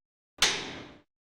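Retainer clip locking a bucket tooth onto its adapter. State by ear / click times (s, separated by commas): seated / 0.4 s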